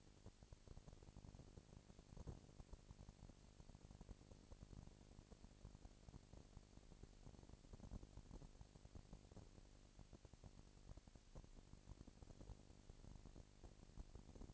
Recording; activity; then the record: daily activity, microphone in the room; no activity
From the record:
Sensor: 5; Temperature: 19.8 degrees Celsius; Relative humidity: 36.7%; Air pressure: 997.0 hPa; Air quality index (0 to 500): 169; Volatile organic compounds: 14 ppm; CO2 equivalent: 2441 ppm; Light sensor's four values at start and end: 2/3/1/1 and 2/3/1/1